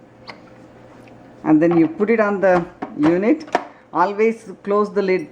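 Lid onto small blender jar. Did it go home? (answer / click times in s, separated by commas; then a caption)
yes / 0.3 s. A plastic lid is closed onto a small blender jar and snaps shut with a sharp, short click at 0.3 s, seating the lid. Someone talks afterward.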